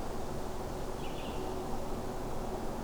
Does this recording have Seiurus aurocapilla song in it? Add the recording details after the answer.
no. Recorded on 21 June 2016 at 08:38. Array SBT-6-76